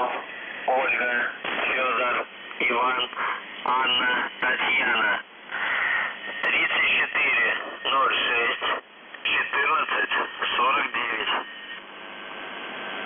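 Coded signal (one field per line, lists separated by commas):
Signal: numbers station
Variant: UVB-76, Russian voice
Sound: voice reading short separated words over a narrow, noisy radio channel; no buzzer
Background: radio static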